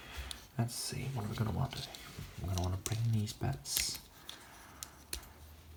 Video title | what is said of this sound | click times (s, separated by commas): Transformers Studio Series 86: Blurr (ASMR) | Then we'll just click in place. | 0.3 s